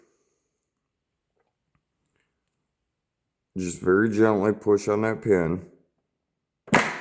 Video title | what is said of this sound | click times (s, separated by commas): LBZ diesel injector main housing disassembly and cleaning for Black Max | and you hear it pop. | 6.7 s